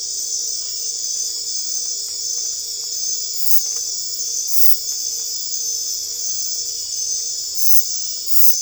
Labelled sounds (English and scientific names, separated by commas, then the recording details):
none
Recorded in dense forest near Puerto Asís, Putumayo, Colombia, on 22 December 2024 at 23:00
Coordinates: 0.482, -76.320
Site G021